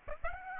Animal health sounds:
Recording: mosquito wingbeat signal from an infrared sensor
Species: Aedes aegypti

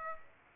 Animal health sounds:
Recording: mosquito wingbeat signal from an infrared sensor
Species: Aedes aegypti

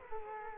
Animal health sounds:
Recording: mosquito wingbeat signal from an infrared sensor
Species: Culex quinquefasciatus

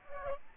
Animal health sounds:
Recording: mosquito wingbeat signal from an infrared sensor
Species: Aedes albopictus

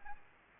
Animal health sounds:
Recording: mosquito wingbeat signal from an infrared sensor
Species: Anopheles arabiensis

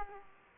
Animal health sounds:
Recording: mosquito wingbeat signal from an infrared sensor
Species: Culex quinquefasciatus

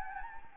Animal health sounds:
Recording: mosquito wingbeat signal from an infrared sensor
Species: Anopheles gambiae

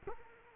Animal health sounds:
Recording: mosquito wingbeat signal from an infrared sensor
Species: Culex quinquefasciatus

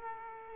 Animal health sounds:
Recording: mosquito wingbeat signal from an infrared sensor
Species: Aedes aegypti

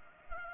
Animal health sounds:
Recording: mosquito wingbeat signal from an infrared sensor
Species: Culex pipiens

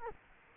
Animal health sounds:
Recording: mosquito wingbeat signal from an infrared sensor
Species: Culex quinquefasciatus

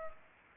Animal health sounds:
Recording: mosquito wingbeat signal from an infrared sensor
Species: Culex pipiens

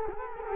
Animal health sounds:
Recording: mosquito wingbeat signal from an infrared sensor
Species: Culex quinquefasciatus

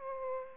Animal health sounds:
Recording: mosquito wingbeat signal from an infrared sensor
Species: Aedes aegypti

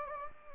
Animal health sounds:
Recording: mosquito wingbeat signal from an infrared sensor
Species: Anopheles gambiae

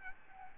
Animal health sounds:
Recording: mosquito wingbeat signal from an infrared sensor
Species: Aedes albopictus

